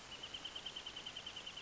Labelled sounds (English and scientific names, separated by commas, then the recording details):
Wrentit (Chamaea fasciata)
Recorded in Sonoma County, California